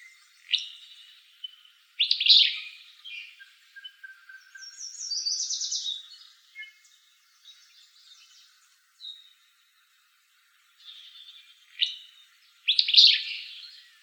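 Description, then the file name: Willow flycatcher song: repeated abrupt, buzzy, sneezy phrases with softer buzzy notes between and a quiet gap before two final loud bursts. Recorded in Arizona. "WIFL 7 B deviche"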